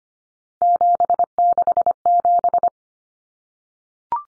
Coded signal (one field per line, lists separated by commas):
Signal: Morse code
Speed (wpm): 25 wpm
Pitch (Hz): 700 Hz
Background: none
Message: 767